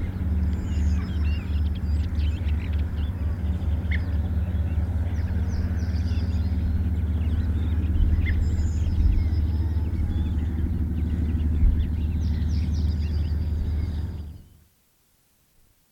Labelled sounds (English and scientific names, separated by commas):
Redwing (Turdus iliacus) call